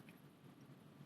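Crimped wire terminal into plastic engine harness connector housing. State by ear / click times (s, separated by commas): not seated / none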